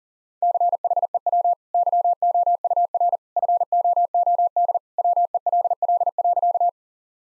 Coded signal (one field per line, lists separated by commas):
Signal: Morse code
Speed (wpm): 40 wpm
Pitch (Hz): 700 Hz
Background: none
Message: CHEW YOUR FOOD WELL.